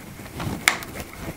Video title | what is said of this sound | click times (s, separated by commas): Asus ROG Strix G15 Upgrade RAM SSD Disassembly i5 10300 GTX 1650TI Guide | make sure it click you hear a click it goes in its place | 0.7 s